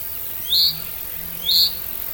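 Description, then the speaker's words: Common Chaffinch rain call: two short, high, slightly rising notes about a second apart over a steady background hiss. Rain call known in Russian as рюмение, a much-studied call heard countless times in forests in summer, usually unnoticed. "Это называется рюмение."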